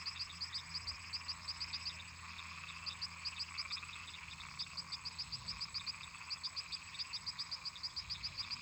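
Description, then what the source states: Frogs and toads: many frogs calling: high clicks in repeated short series over a dense humming chorus and a faint low drone. Many toads and frogs calling in a marsh.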